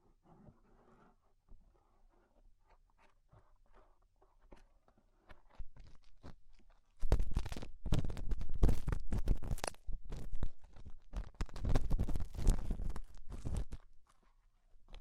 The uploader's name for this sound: Tingly Ear Cleaning Rhinestone & Clay Removal